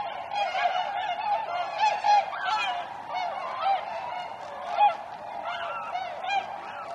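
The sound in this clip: Chorus of Tundra swans, constant overlapping whooping calls from many birds, with a few louder, clearer honks standing out above the busy background of the flock.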